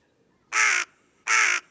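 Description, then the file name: Carrion crow giving two harsh, loud caws about three-quarters of a second apart, each lasting roughly a third of a second, against a quiet background. "Corvus corone"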